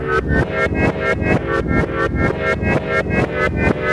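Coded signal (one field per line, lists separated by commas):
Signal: none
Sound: synth music beeps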